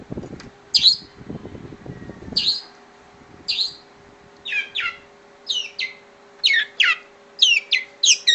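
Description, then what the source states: Long-tailed shrike song of high, sharp downslurred whistles, first spaced out, then paired and quicker; low rumbling noise in the opening seconds and steady hum throughout. Combination song.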